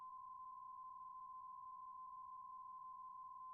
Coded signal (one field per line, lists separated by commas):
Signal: PSK63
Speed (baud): 62.5 baud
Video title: M0KNM - RSGB 3.5MHz Autumn Series Contest Livestream 01/09/25